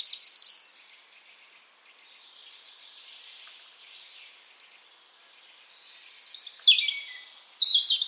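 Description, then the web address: European robin song: a brief high, wavering phrase of thin whistles at the start, a long pause, then another tumbling run of high, falling notes near the end. "cianscape birddata Deverinetal 2025 File origin Bird Only Er Ru"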